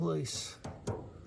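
A wire harness connector is handled against a new dryer door switch, a connector that only fits one way, while someone talks. Short handling knocks are heard around 0.6 s and 0.9 s. Nothing has seated or clicked yet.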